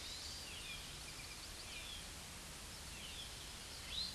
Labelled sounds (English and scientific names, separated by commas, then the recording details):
Eastern Towhee (Pipilo erythrophthalmus) song
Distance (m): 25 m
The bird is about level with the microphone
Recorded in a Pennsylvania forest on 16 May 2024 at 07:23
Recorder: AudioMoth, point MSD-2201
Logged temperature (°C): 15.5 °C
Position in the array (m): 154 m, 75 m